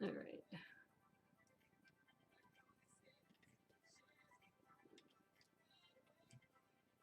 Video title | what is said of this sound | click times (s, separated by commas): Build and Yak - Spring Lantern Festival - Set #80107 - Part 3 (Jan. 31, 2021) | That didn't snap quite right, so okay, there we go. | none